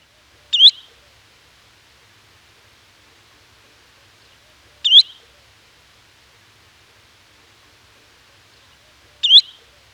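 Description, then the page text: Spotted redshank giving a sharp, high, rising whistled call, repeated three times about every four seconds against a quiet background. Flight call. "Spotted Redshank Flight Call Sound Effect. Quick Sounds"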